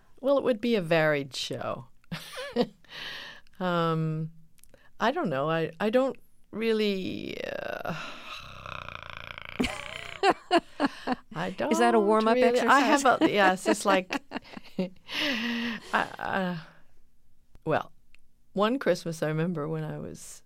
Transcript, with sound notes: Well, it would be a varied show. I don't know. I don't really... (vocalizing).
(Laughter).
I don't really...
Is that a warm-up exercise?
I have a - yeah, it's just like - well, one Christmas I remember when I was